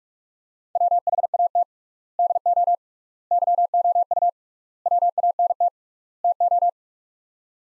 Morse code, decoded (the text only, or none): WHAT DO YOU WANT TO